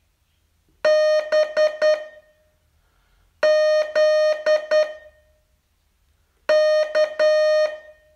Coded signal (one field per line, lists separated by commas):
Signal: Morse code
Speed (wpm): 10 wpm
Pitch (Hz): 610 Hz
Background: none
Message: B Z K